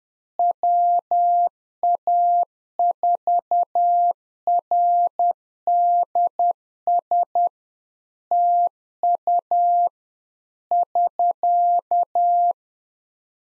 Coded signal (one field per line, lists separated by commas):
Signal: Morse code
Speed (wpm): 10 wpm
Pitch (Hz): 700 Hz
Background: none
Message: WA4RDS TU <SK>